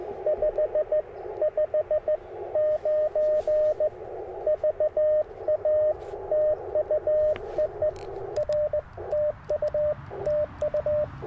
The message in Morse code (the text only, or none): 559 VA TU EE R TU TU